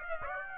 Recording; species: mosquito wingbeat signal from an infrared sensor; Aedes aegypti